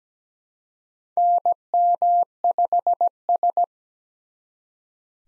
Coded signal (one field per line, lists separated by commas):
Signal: Morse code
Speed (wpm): 17 wpm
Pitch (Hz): 700 Hz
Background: none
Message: NM5S